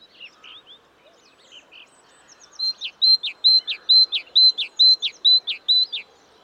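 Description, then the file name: Great tit: a few scattered soft notes, then a loud even series of high-then-falling two-note phrases repeated briskly for several seconds. "Parus major"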